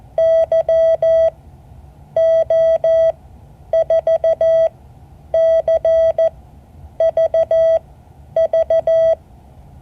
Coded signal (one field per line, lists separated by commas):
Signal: Morse code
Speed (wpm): 14 wpm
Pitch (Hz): 650 Hz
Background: none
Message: YO4CVV